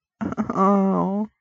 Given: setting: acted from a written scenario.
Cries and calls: vocal sound without words; negative surprise

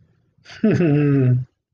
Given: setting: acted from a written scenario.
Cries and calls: vocal sound without words; serenity

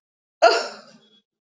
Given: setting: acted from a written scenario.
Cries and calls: vocal sound without words; amusement

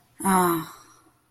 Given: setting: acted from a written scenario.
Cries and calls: vocal sound without words; sympathy

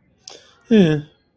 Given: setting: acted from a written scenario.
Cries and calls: vocal sound without words; neutral

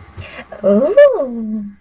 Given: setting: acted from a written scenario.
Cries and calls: vocal sound without words; contentment

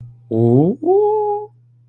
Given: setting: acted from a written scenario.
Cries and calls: vocal sound without words; desire

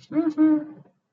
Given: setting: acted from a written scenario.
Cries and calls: vocal sound without words; romantic love

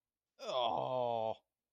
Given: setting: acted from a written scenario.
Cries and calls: vocal sound without words; disgust

